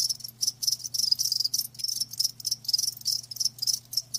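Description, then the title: Crickets give bright, shrill pulsed chirps in fast clusters separated by short gaps, with a low background hum. Crickets chirping, meant as a sleep sound. "Live Crickets Chirping"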